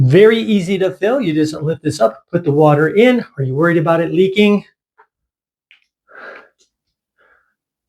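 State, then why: Seated. Someone talks about filling a Puur Smile water flosser, then there is a brief sigh-like breath. The plastic water reservoir or fill cover is pushed back into the flosser body after filling, and it snaps shut with a sharp click at 5.7 s. It is seated and does not leak.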